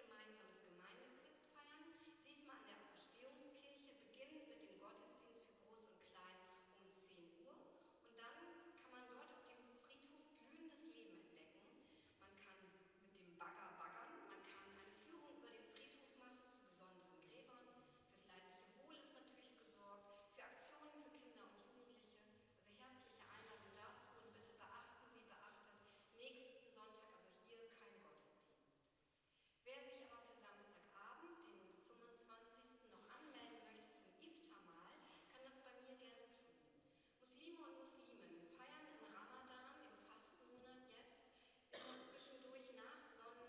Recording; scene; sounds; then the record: everyday scene through a hearing-aid microphone; reverberant space; speech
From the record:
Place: church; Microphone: in the ear canal, left